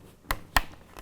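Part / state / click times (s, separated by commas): helmet visor into the helmet side pivot mount / not seated / none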